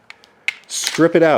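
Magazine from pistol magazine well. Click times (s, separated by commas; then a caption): 0.5 s. A metal magazine is stripped out of an empty pistol's magazine well by hand during a reload demonstration. Faint ticks come first, then a sharp metallic click at 0.5 s as the magazine releases, after which someone talks. The magazine comes free of the pistol.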